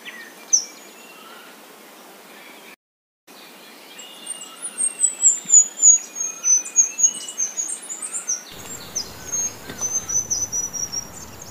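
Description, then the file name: Bluish flowerpiercer singing thin, very high twittering phrases that trickle downward in quick successive notes, with a brief silent gap and soft background hiss. "Canto do diglosa azul"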